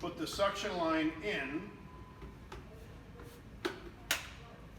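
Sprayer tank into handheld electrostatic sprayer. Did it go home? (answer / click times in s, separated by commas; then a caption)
yes / 3.7 s, 4.1 s. Someone talks as the suction line is put into the water-filled plastic tank (the magazine), which is then pushed onto the body of a Victory PV200 handheld electrostatic sprayer. Sharp clicks sound at about 3.7 s and 4.1 s as the tank snaps and locks into place, fully seated.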